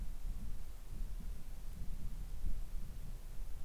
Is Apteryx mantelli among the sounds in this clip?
no